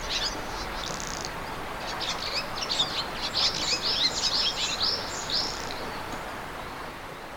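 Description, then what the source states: Bird singing high, thin chirps and short trilled phrases, busiest in the middle seconds, with a soft constant hiss underneath. Recorded in the morning.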